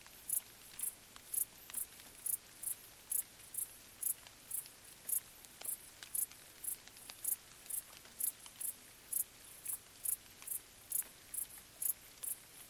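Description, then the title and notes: Cricket chirps, high and crisp, repeating steadily throughout, with quiet rain drops tapping underneath. Crickets stridulating late at night in gentle summer rain on vegetation, along an abandoned railway track in Bad Boll, Baden-Württemberg; nearby village silent. "Crickets in gentle summer rain. Bad Boll, Baden-Württemberg. Recorded by Colin Hunter"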